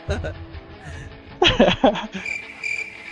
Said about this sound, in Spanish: Sí, grillos